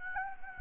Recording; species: mosquito wingbeat signal from an infrared sensor; Anopheles gambiae